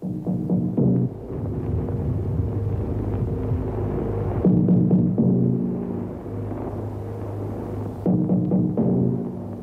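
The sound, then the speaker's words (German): A deep, booming drum taps out the Morse letter V, three quick strokes and one long resonant beat, repeated about three times over a low, steady hum, with no voices. It is the drum signal that opened the BBC's German-language broadcasts; the V stood for Victory. “Dieses Trommelzeichen eröffnete stets die deutschsprachigen BBC-Sendungen. Es war das internationale Morsezeichen für den Buchstaben V, stellvertretend für das englische Wort Victory.”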